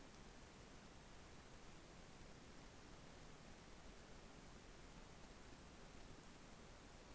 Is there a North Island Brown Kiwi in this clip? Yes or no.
no